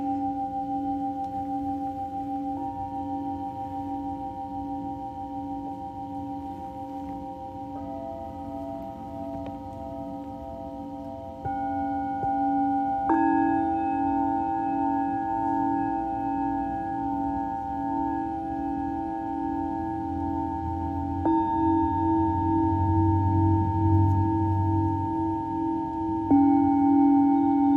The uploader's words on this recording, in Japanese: メキシコから シンギングボウルのサウンドヒーリング ライブ。